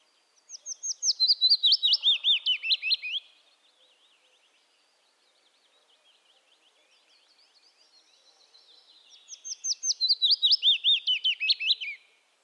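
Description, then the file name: Willow warbler singing two sweet, descending phrases of quick clear notes that fall in pitch, separated by a long near-silent gap with faint twittering. Subspecies acredula. "Phylloscopus trochilus acredula"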